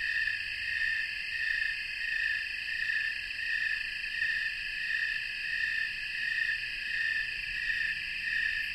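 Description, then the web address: Snowy tree cricket chorus, massed high chirping throbbing in an even rhythm, continuous throughout. Chorus of snowy tree crickets, North America. "Songs of Insects. Snowy Tree Cricket chorus"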